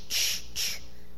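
Two breathy hissing 'shh' bursts, each about a quarter second long, come roughly half a second apart over faint steady background noise. It is an adult's vocal imitation of an elderly grandmother's labored, painful-sounding breathing, a repeated shh, shh, shh noise.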